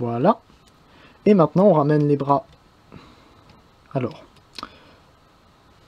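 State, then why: Seated. Someone talks while the arms of a plastic brick robot are brought back and clipped onto its body. A sharp double plastic snap is heard at 4.6 s and 4.6 s, and the arm clip is seated.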